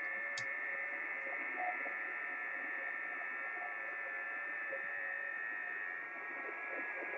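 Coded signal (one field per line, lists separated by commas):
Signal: FT8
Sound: several faint overlapping steady warbling tones over hiss, continuous throughout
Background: radio static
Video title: FT8 reception by VU3BOJ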